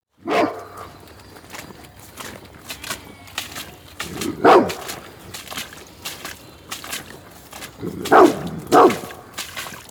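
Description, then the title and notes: Dog barking: a few deep barks spread out, the last two close together, over faint outdoor background sounds. Patou watchdog guarding a herd of Scottish Blackface sheep, Raymond Island, Paillet, France; wet soundwalk, binaural, Zoom H4n with Soundman OKM II classic and Rode NT4. "Paillet, France - RAYMOND ISLAND_WET_SOUNDWALK_PATOU_SHEEP_2_BINAURAL. Herd of"Scotish black face" with "Patou" the watchdog, always there ! // Un troupeau de "Scotish black face" toujours gardé par Patou !"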